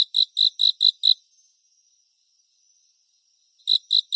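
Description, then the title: Cricket chirps in a quick series of five pulses, a long gap of silence, then the chirping starts again. "蟋蟀演唱会"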